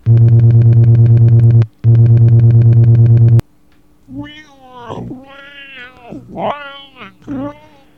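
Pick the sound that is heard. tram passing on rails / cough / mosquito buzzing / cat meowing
cat meowing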